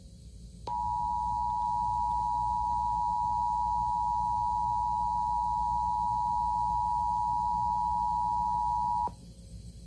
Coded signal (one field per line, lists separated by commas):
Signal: Emergency Alert System (SAME) tones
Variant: 853 and 960 Hz attention tone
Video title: Emergency Alert System Test December 22, 2018 re-upload